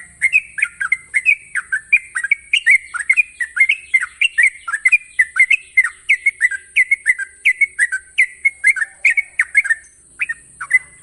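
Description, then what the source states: Yellow-vented Bulbul song: a rapid run of bubbly, downslurred chirps, repeated nearly without pause for about ten seconds, with a steady high hiss behind. Master training recording of the long rapid-trill singing style called ropel panjang.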